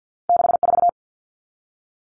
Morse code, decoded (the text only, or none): 64